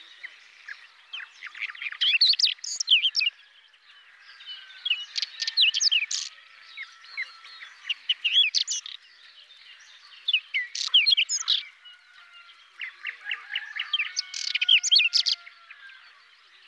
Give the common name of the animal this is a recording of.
Whinchat